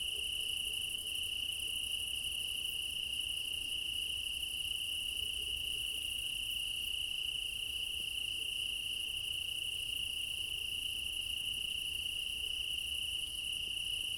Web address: Game Audio Bundle Alexander Kopeikin - Quad ambience of Crimea in summer 20 meadow night ambience, crickets